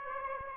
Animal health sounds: mosquito wingbeat signal from an infrared sensor; Aedes aegypti

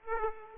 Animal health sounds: mosquito wingbeat signal from an infrared sensor; Aedes aegypti

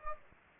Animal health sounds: mosquito wingbeat signal from an infrared sensor; Anopheles gambiae

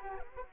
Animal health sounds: mosquito wingbeat signal from an infrared sensor; Anopheles arabiensis

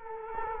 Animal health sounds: mosquito wingbeat signal from an infrared sensor; Culex quinquefasciatus

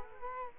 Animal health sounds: mosquito wingbeat signal from an infrared sensor; Culex quinquefasciatus

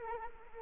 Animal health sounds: mosquito wingbeat signal from an infrared sensor; Anopheles arabiensis

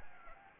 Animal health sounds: mosquito wingbeat signal from an infrared sensor; Anopheles gambiae

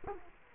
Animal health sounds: mosquito wingbeat signal from an infrared sensor; Culex quinquefasciatus

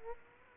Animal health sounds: mosquito wingbeat signal from an infrared sensor; Aedes aegypti

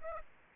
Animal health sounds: mosquito wingbeat signal from an infrared sensor; Aedes aegypti

